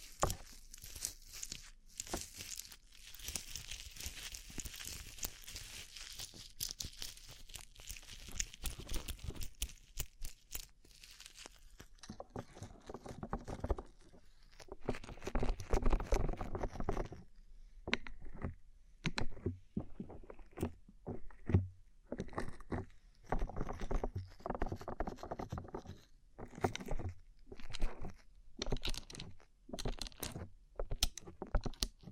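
Tapping and scratching on a rhinestone-covered surface, starting as a dense, bright crinkly rustle for the first ten seconds. After that it breaks into separate sharp taps and short scrapes, irregular but frequent, with brief quiet gaps between bursts.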